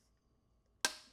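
A piece of a lightweight titanium camping mess kit, likely the folding handle or lid, is pushed onto the pot until it locks into place. After near silence, a single sharp, bright metallic click lands at 0.9 s and rings out briefly as it fades. The piece is seated and locked on the pot.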